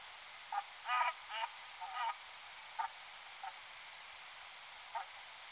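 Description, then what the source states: Brant giving short, husky honking calls, a brief cluster of three then scattered single notes every second or so, over a steady hiss. At Danby on 11 October 2019 at 01:57.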